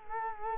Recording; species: mosquito wingbeat signal from an infrared sensor; Culex quinquefasciatus